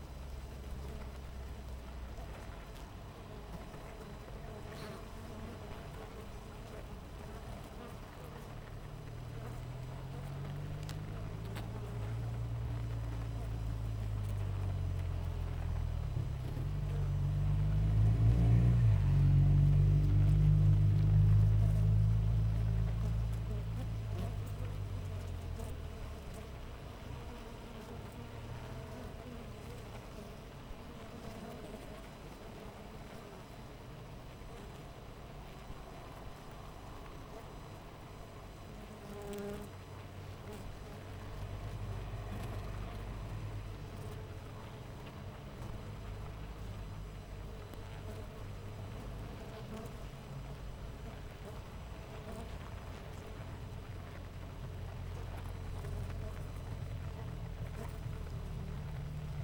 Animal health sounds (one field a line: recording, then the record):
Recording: honeybee colony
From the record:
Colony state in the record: missing queen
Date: 14 July 2017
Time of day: 6:28